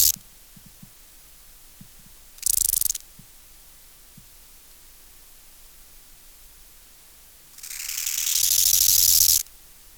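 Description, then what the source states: Bow-winged grasshopper stridulation: a brief rasp at the start, another short burst, a long pause, then a full crescendo phrase of scratchy pulses lasting nearly two seconds. Subspecies euhedickei.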